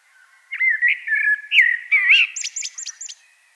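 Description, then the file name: Common blackbird song: one mellow fluted, wavering phrase, then a quick run of thin high squeaky notes at the end. "Turdus merula"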